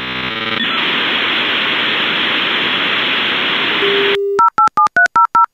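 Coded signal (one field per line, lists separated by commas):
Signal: dial-up modem handshake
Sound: short tones, three seconds of loud hiss, a low hum, then seven dialing tone pairs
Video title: Dial Up Noise Relaxing Nostalgic - ASMR- Internet Sound 2020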